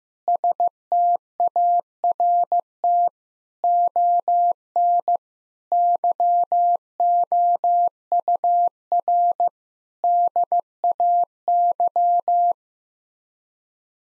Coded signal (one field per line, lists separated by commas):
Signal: Morse code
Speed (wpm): 15 wpm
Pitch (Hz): 700 Hz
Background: none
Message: START ON YOUR DAY